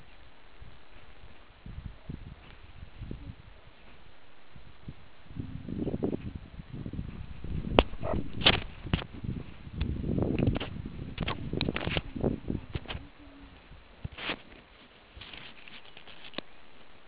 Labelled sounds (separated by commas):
meerkat close call, meerkat short note